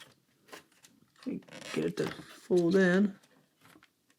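During reassembly of a game console, a small plastic retaining clip just inside the housing is worked by hand so it folds in. Someone talks over faint handling noises and a few light ticks. Nothing has seated or clicked yet.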